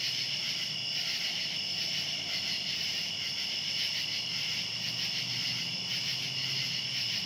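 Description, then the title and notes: Cicadas in a steady, high whirring chorus with gentle pulsing, continuous from start to end, low hum faintly beneath. Recorded outdoors at night. "Ext. Cicadas, Night by Bandeto"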